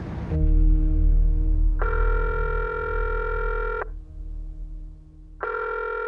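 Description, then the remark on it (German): A telephone is dialed in a phone booth: a steady, buzzing electronic line tone plays throughout, joined twice by a brighter, higher-pitched tone lasting a couple of seconds each time. No one speaks. “Auf der Straße angelangt, blickte er sich kurz um, hastete dann zur nächsten Telefonzelle.”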